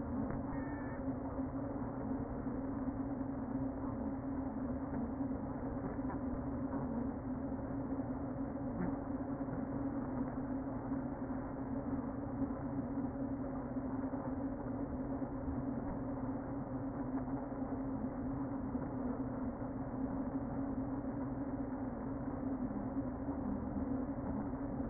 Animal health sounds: honeybee colony, microphone inside the hive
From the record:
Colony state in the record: queen present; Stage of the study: before two queens were removed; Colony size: about 60,000 bees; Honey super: yes

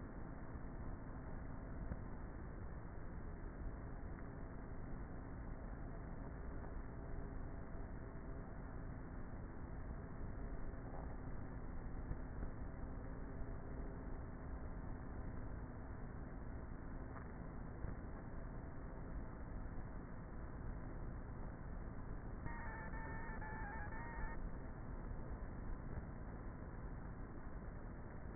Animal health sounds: honeybee colony, microphone inside the hive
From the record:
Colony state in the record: queenless with a low population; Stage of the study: before two queens were removed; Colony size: about 30,000 bees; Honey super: no

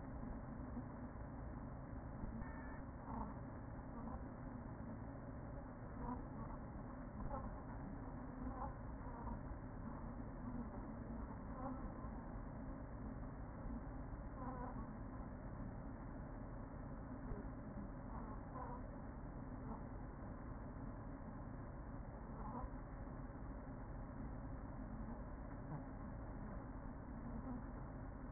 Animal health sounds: honeybee colony, microphone inside the hive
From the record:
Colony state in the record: queen present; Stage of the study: after two queens were removed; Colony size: about 40,000 bees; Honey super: no

